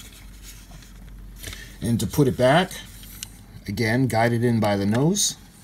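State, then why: Not seated. The small plastic Type I hand phaser module of a Star Trek universal remote control by The Wand Company is guided nose-first back into the cradle of the larger Type II phaser body while someone talks. Only soft handling noise and a few brief ticks are heard, and nothing has seated or clicked yet.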